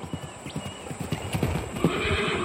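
Hooves clip-clop in a quick, steady rhythm of sharp knocks, and a horse neighs loudly near the end, its whinny rising over the hoofbeats.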